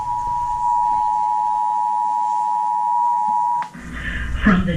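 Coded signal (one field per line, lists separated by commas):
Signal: Emergency Alert System (SAME) tones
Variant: 853 and 960 Hz attention tone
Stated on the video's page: Georgia Required Monthly Test on four FM radio stations.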